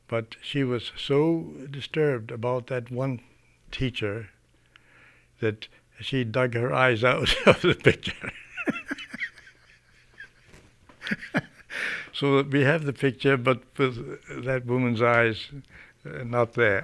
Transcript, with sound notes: But she was so disturbed about that one teacher that she dug her eyes out of the picture. (he laughs heartily) So we have the picture but with that woman's eyes not there.